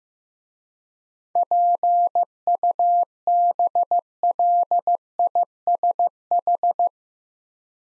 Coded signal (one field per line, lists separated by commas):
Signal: Morse code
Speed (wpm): 15 wpm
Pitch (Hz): 700 Hz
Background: none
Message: PUBLISH